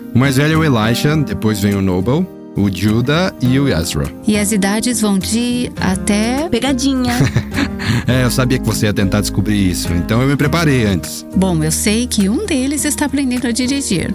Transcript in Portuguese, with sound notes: O mais velho é o Elijah, depois vêm o Noble, o Judah e o Ezra.
E as idades vão de... até...?
Pegadinha!
(risos) É, eu sabia que você ia tentar descobrir isso, então me preparei antes.
Bom, eu sei que um deles está aprendendo a dirigir.